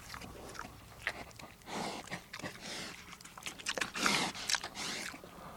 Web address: Tom Hutchings Pig Eating and Snuffling